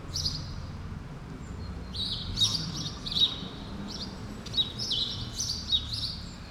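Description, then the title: Sparrow chirps, short notes given in small bursts, with a low hum of traffic beneath. Sparrows recorded on Rue Keyenveld, Ixelles, Brussels, Belgium, in a street with cars and people passing by; recorded with Lom Usi Pro microphones into a Zoom F6. "Rue Keyenveld, Ixelles, Bruxelles-Capitale, Belgique - Sparrows - moineaux"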